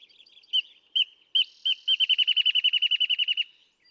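Wrentit song: a few spaced notes, then a rapid steady series of many bouncing notes, ending abruptly.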